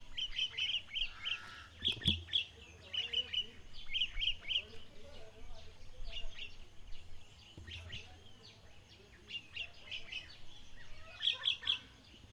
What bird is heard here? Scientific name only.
Creatophora cinerea